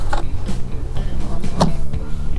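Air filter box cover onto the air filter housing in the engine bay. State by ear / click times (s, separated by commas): not seated / none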